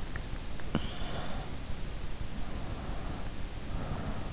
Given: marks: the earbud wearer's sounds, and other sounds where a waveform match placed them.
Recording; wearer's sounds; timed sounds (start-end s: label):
sounds in sleep by an in-ear microphone; swallowing, breath
0.00-2.01 s: swallowing
2.38-4.23 s: breath